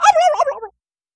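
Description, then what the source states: Turkey gobble, a short bubbling, warbling burst lasting under a second that slides down in pitch, followed by silence. Barnyard turkey.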